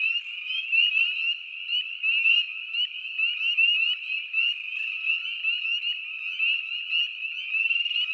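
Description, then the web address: Spring peepers calling together, a thick, unbroken chorus of high, sharp peeps that swells and dips slightly in loudness. "Dan Gibson Wildlife Identification By Sound, Eastern North America Pt 1. Spring Peeper Frog"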